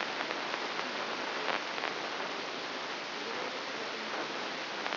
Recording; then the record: brain microelectrode recording played as sound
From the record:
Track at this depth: inside the subthalamic nucleus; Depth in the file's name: 6.305 mm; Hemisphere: left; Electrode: 3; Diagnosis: Parkinson's disease